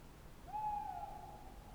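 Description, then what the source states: Tawny owl hooting: one long, low hoot that slides up, then holds a steady, slightly wavering tone for over a second against a quiet background. Tawny owl at night on wooded banks of the Dordogne near Limeuil (Alles-sur-Dordogne), France, under a starry sky; end of Cadouin festival Les Rencontres du Réel; Sonosax SX-R4+ recorder, DPA 4022 ORTF microphones.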